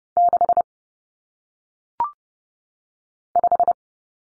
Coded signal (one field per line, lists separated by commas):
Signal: Morse code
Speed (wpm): 30 wpm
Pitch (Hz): 700 Hz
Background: none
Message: 6 5